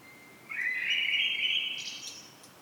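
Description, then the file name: Common blackbird delivering one sustained, warbling whistled phrase lasting over a second, ending with a higher twittering flourish. "Turdus merula"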